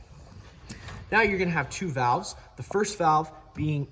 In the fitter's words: and lock into place like so.